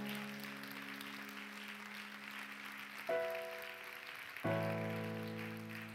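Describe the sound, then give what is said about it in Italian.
An audience at a Sunday religious gathering claps steadily after a prayer in a dense, even patter, while sustained keyboard chords sound underneath as musicians prepare to sing, shifting to new, louder chords twice along the way. “Io, sì, possiamo fare un applauso.”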